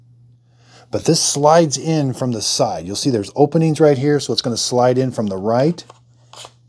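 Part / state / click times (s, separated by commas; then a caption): outdoor security camera mount sliding into its wall bracket / not seated / none. Someone talks while handling a plastic outdoor security camera mount and lining it up to slide into its wall bracket from the right side through the openings. A brief faint handling sound comes near the end. Nothing has seated or clicked yet.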